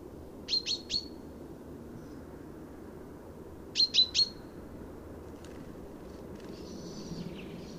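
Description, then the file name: Common chaffinch calls: two bursts of three short, high, sharp notes, about three seconds apart, over a low steady background rumble. "Fringilla coelebs"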